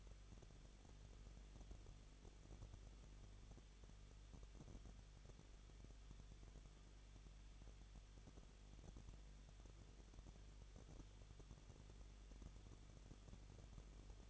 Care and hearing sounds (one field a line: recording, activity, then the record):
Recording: daily activity, microphone in the room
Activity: no activity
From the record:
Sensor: 4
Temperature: 23.0 degrees Celsius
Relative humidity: 34.3%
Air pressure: 1007.3 hPa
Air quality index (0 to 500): 217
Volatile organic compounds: 15 ppm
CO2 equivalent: 2521 ppm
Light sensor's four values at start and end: 2/3/1/1 and 2/3/1/1